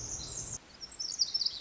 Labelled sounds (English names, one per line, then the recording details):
Pacific Wren
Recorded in Sonoma County, California